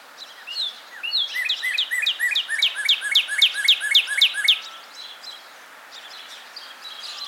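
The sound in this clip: Northern cardinal song: a steady, fast series of bright downslurred notes for about four seconds, followed by a few faint, scattered notes.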